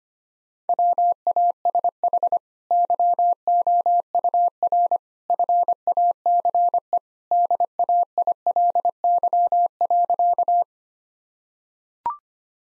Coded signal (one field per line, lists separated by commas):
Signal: Morse code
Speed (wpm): 25 wpm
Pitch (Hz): 700 Hz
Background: none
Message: WASH YOUR FACE DAILY.